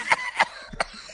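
Three short, sharp bursts about a third of a second apart, the first blending out of a laugh. It is a harsh, hacking cough from an adult man with COVID, in a quiet studio.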